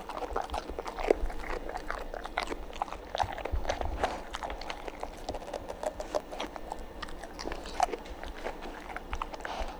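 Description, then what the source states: Dog chomping food, with a busy, irregular patter of crunches and clicks, a few sharper bites among them. Dog eating and chomping.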